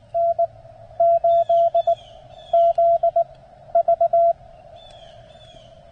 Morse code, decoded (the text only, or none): N8ZV